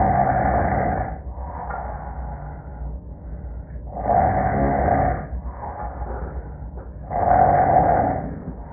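Snoring from an adult sleeper: three loud, rattling snores roughly every three seconds, with quieter breathing between them, heard with active noise cancellation (ANC) switched on and off.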